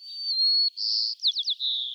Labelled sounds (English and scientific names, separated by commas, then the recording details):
White-crowned Sparrow (Zonotrichia leucophrys) song
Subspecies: nuttalli
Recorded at Gualala, California, in 2014
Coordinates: 38.757, -123.519
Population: north
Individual GUA_male3_14